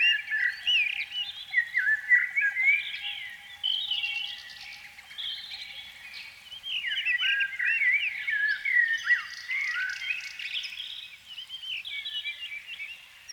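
Canary song of lively twittering with curving whistled notes and short trills, rising and falling in loudness across the phrase.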